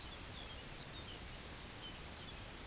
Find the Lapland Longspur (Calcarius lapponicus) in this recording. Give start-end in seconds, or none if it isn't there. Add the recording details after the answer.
0.00-2.58. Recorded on Arctic tundra, site UTQI-8, on 11 June 2019. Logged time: 06:00